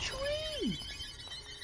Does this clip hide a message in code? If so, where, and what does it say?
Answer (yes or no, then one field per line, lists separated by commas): no